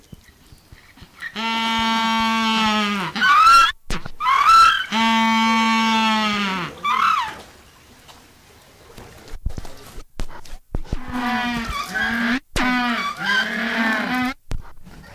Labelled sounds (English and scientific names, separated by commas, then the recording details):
Humboldt Penguin (Spheniscus humboldti) call
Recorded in captivity
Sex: group
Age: adult
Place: Zoo Köln, Nordrhein-Westfalen, DE
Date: 2000-10-01 17:41
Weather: bedeckt, z.T. Regen, 15°C
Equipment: Nagra SN, Kopie Uher 4000 Report Monitor
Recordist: Tembrock, Günter